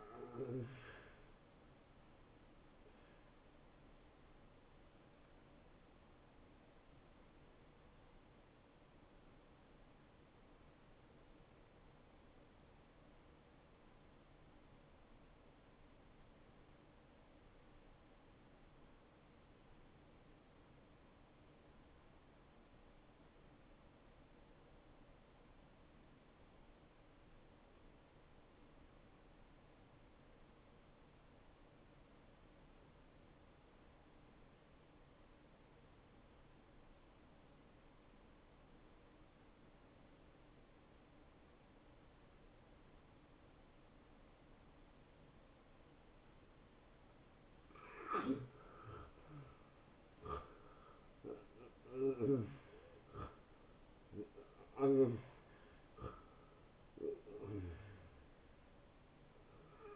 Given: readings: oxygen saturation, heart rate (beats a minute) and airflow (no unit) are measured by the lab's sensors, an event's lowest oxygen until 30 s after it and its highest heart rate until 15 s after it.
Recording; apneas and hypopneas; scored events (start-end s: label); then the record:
breathing in sleep by a voice recorder at the bedside; 1
3.00-59.96 s: new sleep stage, N1 (lightest sleep)
7.00-48.30 s: hypopnea (N1, oxygen 95% highest, then 84% lowest)
From the record:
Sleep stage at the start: N2 (light sleep); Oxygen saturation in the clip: 86 to 95%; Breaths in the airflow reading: 5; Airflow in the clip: -21.3 to 11.7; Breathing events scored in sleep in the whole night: 263 in 5.5 hours asleep